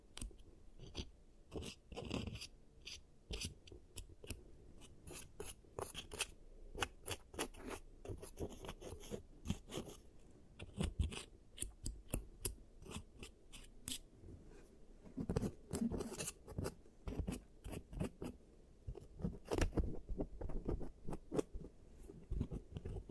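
A giant-teeth cavity treatment made of dense, irregular clicking, scraping and rasping sounds, like snipping and filing, with sharp crisp hits through the full length. Busier clusters come around 2 seconds and again near 15–17 seconds over a soft low rumble.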